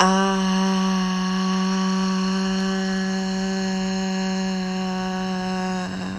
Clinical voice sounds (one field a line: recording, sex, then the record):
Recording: sustained vowel /a/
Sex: female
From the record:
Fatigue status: no fatigue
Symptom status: symptomatic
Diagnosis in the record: COVID-19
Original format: m4a